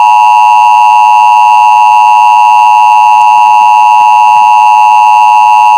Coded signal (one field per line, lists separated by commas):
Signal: Emergency Alert System (SAME) tones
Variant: 853 and 960 Hz attention tone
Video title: MURDERMAS CHRISTMAS | A Christmas EAS Scenario